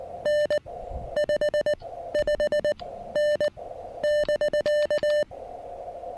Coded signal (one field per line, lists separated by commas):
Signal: Morse code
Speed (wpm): 19 wpm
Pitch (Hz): 600 Hz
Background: none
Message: N 55N <BK>